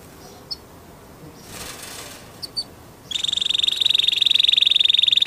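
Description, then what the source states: Canary song: after a few seconds of near quiet with faint chips, a steady, fast, high trill starts and runs to the end. Orange canary; lure recording played to prompt a canary that has stopped singing to start singing again.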